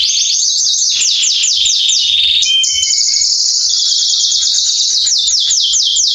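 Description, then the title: Belgian canary song of quick repeated descending notes, a brief metallic ringing phrase, then a sustained rolled trill ending in more rapid sweeping notes. Male Belgian canary singing a lot, to warm up young and adult canaries. "Esquente Seu Filhote E Canario Belga Em 30 Minutos Macho Cantando Muito"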